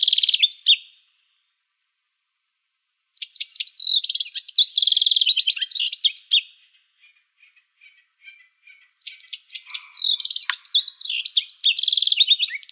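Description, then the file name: House wren song: energetic chattering phrases of quick rising and falling notes and buzzy trills, with soft ticking notes between two long phrases. Recorded in Arizona on 22 May 2005. "HOWR 5 D deviche"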